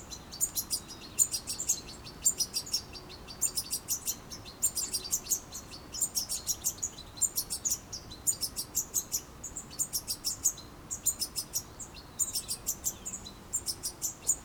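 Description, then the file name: European goldfinch twittering: bright, tinkling high chirps in quick clusters, bursts repeated over a steady low background hiss. "Carduelis carduelis"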